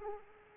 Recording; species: mosquito wingbeat signal from an infrared sensor; Anopheles arabiensis